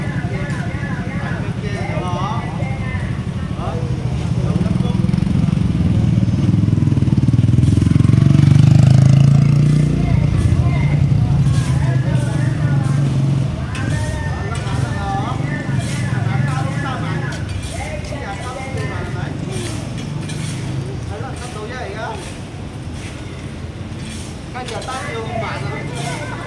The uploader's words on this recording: Urban Soundscapes : Kuala Lumpur (Malaysia) recorded by Yii Kah Hoe. 首先是吉隆坡市區華人街.